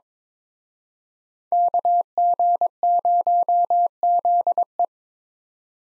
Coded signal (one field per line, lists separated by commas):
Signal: Morse code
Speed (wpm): 26 wpm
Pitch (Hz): 700 Hz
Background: none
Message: KG0ZE